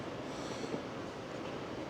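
A plastic Euro-spec side marker light housing is lined up and its tab is slid into the body panel opening behind the wheel of a 992 Porsche GT3RS. Only a steady, even broadband rumble is heard with no sharp transients. Nothing has seated or clicked yet.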